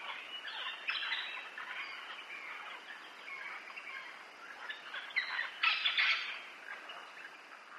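Parrots calling in harsh, scratchy squawks in bursts, with louder screeches later on.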